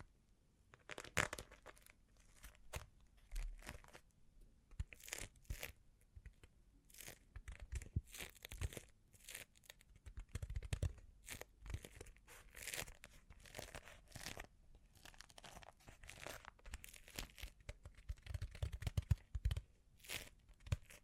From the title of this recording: Bling Bling Triggers